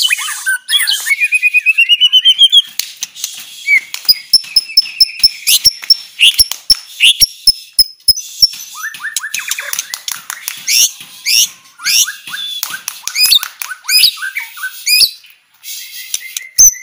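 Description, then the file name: White-rumped shama song of varied whistles and chatter with a rapid series of sharp clicks, sustained high notes and rattling bursts. Aceh variety, described as clear, vigorous and rapid, dense singing. "Suara Jernih murai aceh gacor speed rapat"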